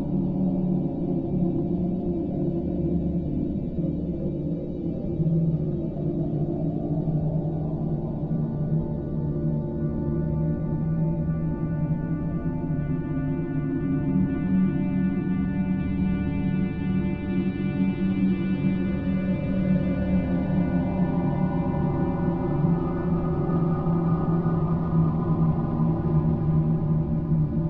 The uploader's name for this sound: Night Sounds Of Mars